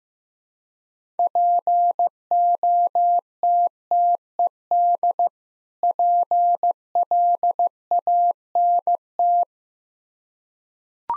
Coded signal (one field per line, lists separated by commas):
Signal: Morse code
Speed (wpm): 15 wpm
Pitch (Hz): 700 Hz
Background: none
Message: POTTED PLANT